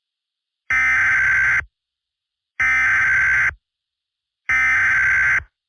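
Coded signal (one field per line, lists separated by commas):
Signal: Emergency Alert System (SAME) tones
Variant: header bursts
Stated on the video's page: SAME tones in a fictional EAS scenario about a tornado outbreak, not a real alert.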